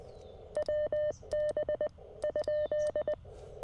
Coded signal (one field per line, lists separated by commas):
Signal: Morse code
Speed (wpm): 20 wpm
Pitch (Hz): 1800 Hz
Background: none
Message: WB ?